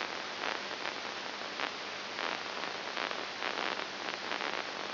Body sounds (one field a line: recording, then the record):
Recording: brain microelectrode recording played as sound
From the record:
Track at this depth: inside the subthalamic nucleus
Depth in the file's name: 6.101 mm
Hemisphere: left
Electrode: 2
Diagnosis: Parkinson's disease